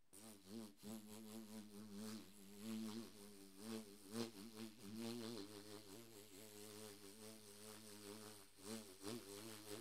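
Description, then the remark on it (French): A bumblebee buzzes continuously, a low, rich droning hum whose pitch wavers and swells slightly in loudness, with no voices present. “Las abellos. El bourdon.”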